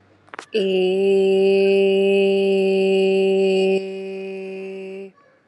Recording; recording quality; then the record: sustained vowel as in made; excellent, no background noise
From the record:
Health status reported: healthy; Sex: female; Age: 26 years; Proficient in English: yes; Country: India